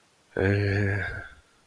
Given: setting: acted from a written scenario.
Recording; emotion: vocal sound without words; guilt